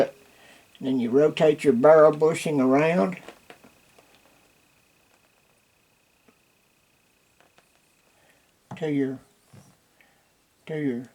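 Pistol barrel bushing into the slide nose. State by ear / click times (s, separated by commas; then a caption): not seated / none. Someone talks while turning the steel barrel bushing around the barrel at the slide nose of a Rock Island 1911 pistol during reassembly, before it snaps home. Faint handling taps are heard around 3.5, 7.4, 7.6 and 10.0 s between stretches of talk. The bushing has not locked or clicked into place yet.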